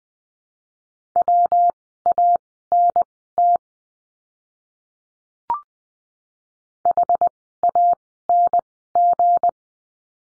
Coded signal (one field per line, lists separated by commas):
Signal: Morse code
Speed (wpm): 20 wpm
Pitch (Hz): 700 Hz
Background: none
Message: WANT HANG